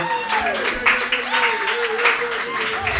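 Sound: audience applause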